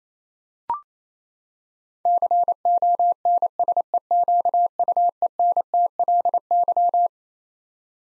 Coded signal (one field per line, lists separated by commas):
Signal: Morse code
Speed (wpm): 28 wpm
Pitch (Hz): 700 Hz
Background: none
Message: CONSEQUENTLY